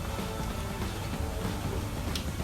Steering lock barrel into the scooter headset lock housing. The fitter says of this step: Kita dorong ke dalam. Nah dia posisinya udah ngunci nih.